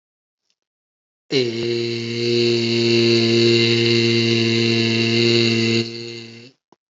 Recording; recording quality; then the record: sustained vowel as in made; excellent, no background noise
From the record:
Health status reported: healthy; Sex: male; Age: 45 years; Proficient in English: yes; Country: India